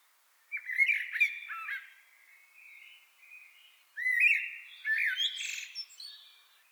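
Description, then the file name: Common blackbird giving harsh, squawky calls in two bursts, with quieter drawn-out notes between them. "Turdus merula"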